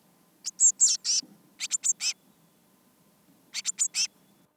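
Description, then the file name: Eurasian blue tit giving short high buzzy call notes in small clusters of three or four, separated by quiet gaps, with a faint low background hum. "Cyanistes caeruleus"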